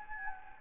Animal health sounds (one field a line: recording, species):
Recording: mosquito wingbeat signal from an infrared sensor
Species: Anopheles gambiae